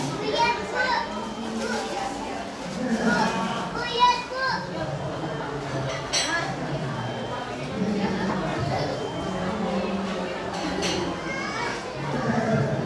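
A busy cafe with many voices talking at once, a steady murmur of conversation that continues without pause. Children's voices rise above the crowd now and then, and a few sharp clinks and knocks land near 4, 6 and 11 seconds.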